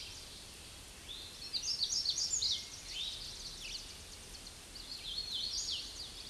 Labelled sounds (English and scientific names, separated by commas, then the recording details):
Hooded Warbler (Setophaga citrina) song
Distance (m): 30 m
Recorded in a Pennsylvania forest on 18 May 2023 at 08:46
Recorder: AudioMoth, point grid1_12_low
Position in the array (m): 147 m, 120 m